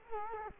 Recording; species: mosquito wingbeat signal from an infrared sensor; Culex quinquefasciatus